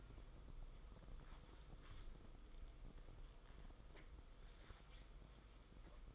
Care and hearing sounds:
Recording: daily activity, microphone in the room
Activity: wipe stove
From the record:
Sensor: 5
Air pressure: 990.7 hPa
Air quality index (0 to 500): 157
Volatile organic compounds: 217 ppm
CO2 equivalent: 4266 ppm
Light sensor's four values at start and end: 44/125/50/54 and 44/127/50/54

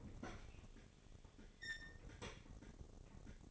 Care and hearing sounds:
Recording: daily activity, microphone in the room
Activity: open fridge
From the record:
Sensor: 4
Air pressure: 996.0 hPa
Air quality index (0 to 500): 62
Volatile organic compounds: 2 ppm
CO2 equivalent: 1107 ppm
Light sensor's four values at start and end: 16/44/17/19 and 16/43/16/18

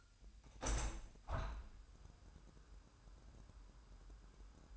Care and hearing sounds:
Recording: daily activity, microphone in the room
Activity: open window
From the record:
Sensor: 2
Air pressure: 998.5 hPa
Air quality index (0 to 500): 128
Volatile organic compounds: 3 ppm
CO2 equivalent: 1451 ppm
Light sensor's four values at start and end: 6/15/6/7 and 6/15/6/7

